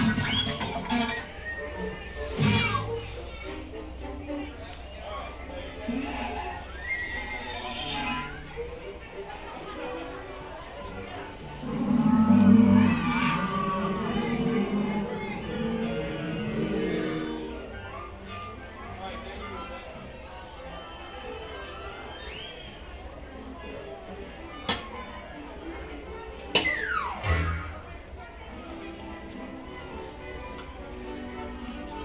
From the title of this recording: Mickey's Toon Town, Disneyland Binaural Recording